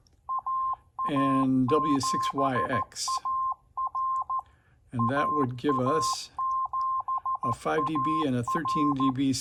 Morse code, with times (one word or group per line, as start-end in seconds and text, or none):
0.3-4.4 AA7AR
5.0-9.1 AA7AR